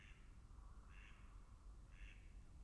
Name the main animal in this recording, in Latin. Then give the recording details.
Anas platyrhynchos. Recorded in Germany. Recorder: ecoPi